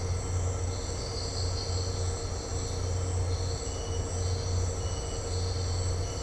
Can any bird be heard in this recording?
no